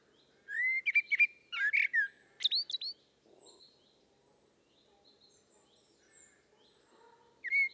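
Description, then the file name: Common blackbird giving one rich warbled phrase of fluty notes and high squeaks, then a long near-silent stretch before a new phrase starts at the end. "Turdus merula"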